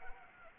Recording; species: mosquito wingbeat signal from an infrared sensor; Anopheles arabiensis